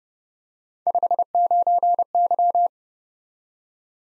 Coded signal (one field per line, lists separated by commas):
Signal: Morse code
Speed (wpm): 30 wpm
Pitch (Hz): 700 Hz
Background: none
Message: 59Y